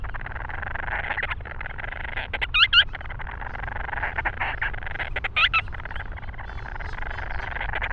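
Grant's storm petrel calls: two squeaky, wavering chattering bursts stand out near three and five and a half seconds, against continuous churring chatter and low rumble.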